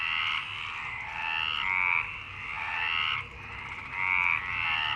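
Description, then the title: Frog chorus of grating, pulsed croaks rising and falling in loud waves. Frogs in Longchamp park, Marseille, France, on 26 March 2011 at 19:35, recorded with a MixPre-6 recorder and Basic Ucho microphones. "Marseille, Provence-Alpes-Côte d'Azur, France - 26_03_11_19_35 Longchamps grenouilles"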